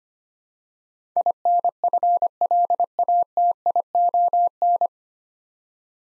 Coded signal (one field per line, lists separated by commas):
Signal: Morse code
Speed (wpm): 25 wpm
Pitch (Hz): 700 Hz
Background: none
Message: INFLATION